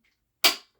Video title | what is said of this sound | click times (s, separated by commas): Making Life Easier EGO Variable-Speed Cordless Electric Power Leaf Blower Unboxing WUWR 293 | until it clicks. | 0.0 s